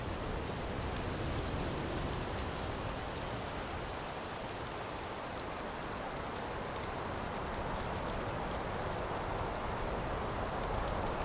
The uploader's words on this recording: Rain sounds. White noise.